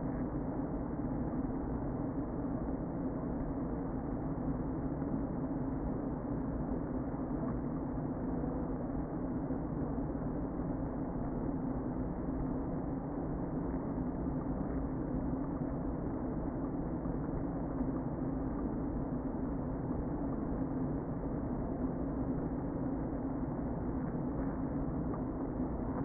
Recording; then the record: honeybee colony, microphone inside the hive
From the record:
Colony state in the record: queen present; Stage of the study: before two queens were removed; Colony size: about 60,000 bees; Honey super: yes